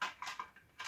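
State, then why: Not seated. A plastic terminal block, which keeps getting torn off, is handled against a fluorescent batten fitting as its two holes are lined up with two pins. Short, bright plastic taps and scrapes come at about 0.0, 0.2, 0.4, 0.6 and 0.8 s. The block has not clipped in or seated yet.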